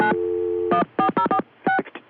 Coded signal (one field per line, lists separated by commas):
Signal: DTMF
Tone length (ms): 90 ms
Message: 9 14046